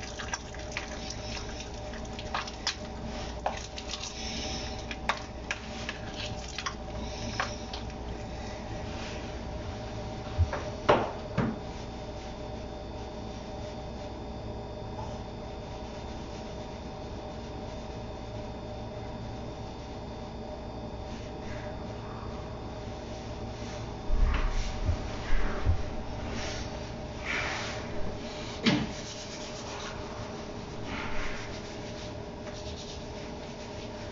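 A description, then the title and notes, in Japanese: Kitchen noises while making a sake-lees pickling bed: scattered soft clicks, rubs and light knocks over a steady low hum with faint tones. Activity is sparse early, quieter in the middle, then a cluster of firmer knocks and scraping around 24–28 seconds. キッチンでの物音。粕漬けを作るための粕床を作っています。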